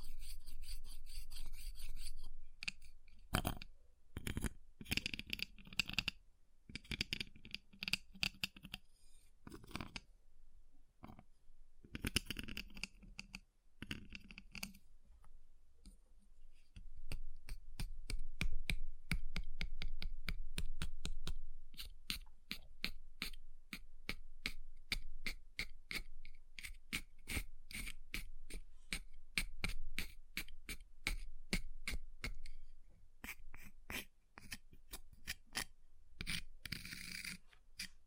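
Ice being tapped, scratched and carved, heard as dense runs of sharp, bright clicks and scrapes. The first fifteen seconds are uneven with short pauses, then from about 16 seconds a steadier, faster stream of rapid scratching continues to the end.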